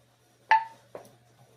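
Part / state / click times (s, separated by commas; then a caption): metal canning lid sealing onto a glass jelly jar / seated / 0.5 s. A metal two-piece canning lid on a glass jar of freshly water-bath-canned beautyberry jelly, cooling on the counter, pops down sharply at 0.5 s as the vacuum seals it. A softer, shorter click follows at about 1.0 s over a low steady hum. The lid has sealed.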